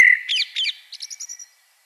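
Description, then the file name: Common blackbird: a brief whistled note followed by a quick series of high, thin chittering squeaks fading out. "Turdus merula"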